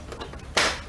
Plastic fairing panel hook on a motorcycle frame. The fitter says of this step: itu tinggal bunyi klek dan tarik saja oke oke